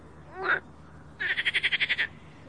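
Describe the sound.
Frog call: a single short croak, then a rapid pulsed trill of several even pulses lasting under a second, over faint background hiss.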